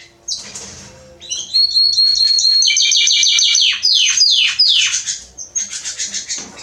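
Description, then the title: Belgian canary song, a brief chirp then a fast trill that breaks into repeated descending sweeps, ending in scattered high notes. Male Belgian canary singing a lot; recording meant to warm up young canaries within 30 minutes. "Esquente Seu Filhote E Canario Belga Em 30 Minutos Macho Cantando Muito. Esquente seu canrio belga em 30 minutos - Canrio Pastinha cantando"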